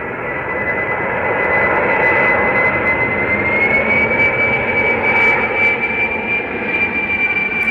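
A Boeing firefighting aircraft's jet engines produce a steady, loud roar that fills the whole stretch, with a high whine slowly rising in pitch above the broad rumble. No one speaks.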